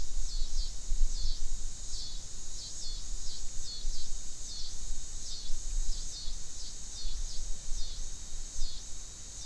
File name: Coastal Scissor Grinder